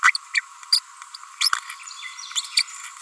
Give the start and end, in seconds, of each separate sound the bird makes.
0.04-0.11, 0.15-0.17, 0.72-0.76, 1.41-1.44, 2.57-2.62